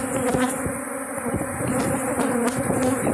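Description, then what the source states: Honey bees buzzing steadily in a dense, low drone. Aggressive honey bees inside the hive.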